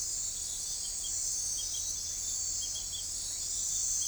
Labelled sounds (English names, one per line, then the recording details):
none
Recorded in forest near Pivijay, Magdalena, Colombia, on 3 June 2023 at 02:30
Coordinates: 10.467, -74.380
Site Z5-G034